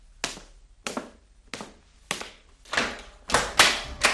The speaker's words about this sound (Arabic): ايه ده؟ مين ده اللي بيخبط على الباب؟ دي الساعه واحدة بعد نص الليل.